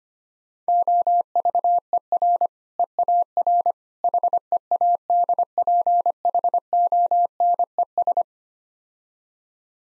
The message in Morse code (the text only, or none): OVER EAR HEADPHONES